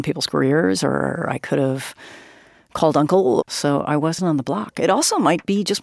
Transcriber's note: none